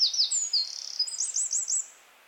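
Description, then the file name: Eurasian wren delivering a short, shrill phrase of fast trilled notes followed by a quick series of looping high chirps. "Troglodytes troglodytes"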